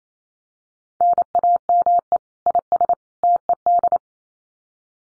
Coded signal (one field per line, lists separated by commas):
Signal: Morse code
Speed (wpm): 28 wpm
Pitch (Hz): 700 Hz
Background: none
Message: NAME IS TED